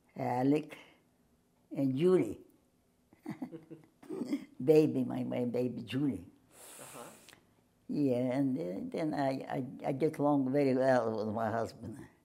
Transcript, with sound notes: Alec and Julie. [chuckles] Baby — my baby, Julie.
Uh-huh.
Yeah, and then I — I get along very well with my husband.